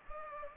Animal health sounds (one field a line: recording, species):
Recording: mosquito wingbeat signal from an infrared sensor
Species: Culex pipiens